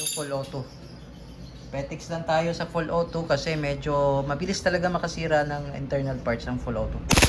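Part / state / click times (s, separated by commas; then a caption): pistol slide catching on the slide stop / not seated / none. Someone talks throughout while handling a WE Airsoft 2011 Hi Capa T-Rex Black airsoft pistol with full-auto, whose slide is about to catch on the slide stop and lock back on the empty gas magazine after full-auto firing. A brief bright burst of noise comes right at the end, but nothing has seated or clicked yet. The slide may fail to lock when the gas magazine is cold.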